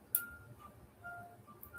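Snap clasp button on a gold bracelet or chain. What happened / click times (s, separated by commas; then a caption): The small metal clasp snapped shut / 0.2 s. A snap clasp on a gold bracelet or chain is closed after its button has been gently pulled up to tighten it, giving a sharp, bright snap at 0.2 s, followed by quiet background and a fainter click at 1.6 s. The clasp seats with a good, tight snap that will not open now.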